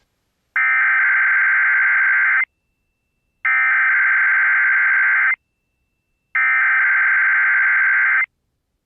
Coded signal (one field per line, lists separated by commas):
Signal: Emergency Alert System (SAME) tones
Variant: header bursts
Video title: GET "PIPE"D UP! | EAS Tests from 4/26/23 (EAS #1848-1856)